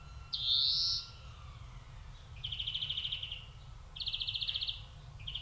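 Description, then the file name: European greenfinch: a long nasal wheeze, then buzzy rattling trills, over faint low rumble. "Chloris chloris"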